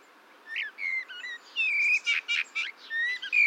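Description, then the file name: Eurasian blackbird song: fluty whistled notes mixed with a few rough, higher chuckling elements. "Turdus merula"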